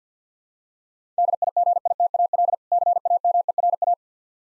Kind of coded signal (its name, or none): Morse code